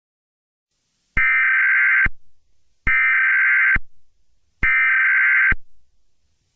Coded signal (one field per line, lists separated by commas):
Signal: Emergency Alert System (SAME) tones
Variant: header bursts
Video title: EAS Scenario - Yellowstone Eruption